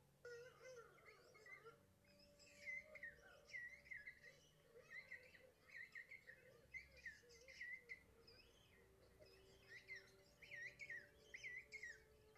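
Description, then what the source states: Emperor penguin chicks give many high, whistled, warbling calls with quick rising and falling notes, overlapping in a continuous crèche chorus over a low steady hum. Emperor penguin crèches, nurseries of chicks; the only penguin living at the South Pole, where it raises its chicks; Antarctica.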